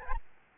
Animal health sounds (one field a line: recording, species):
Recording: mosquito wingbeat signal from an infrared sensor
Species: Aedes albopictus